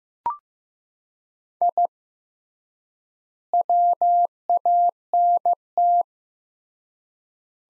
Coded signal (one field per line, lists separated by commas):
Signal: Morse code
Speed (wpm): 15 wpm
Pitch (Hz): 700 Hz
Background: none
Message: I WANT